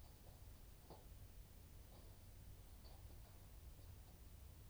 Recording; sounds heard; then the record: poultry house recording; no chicken sound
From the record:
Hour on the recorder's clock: 2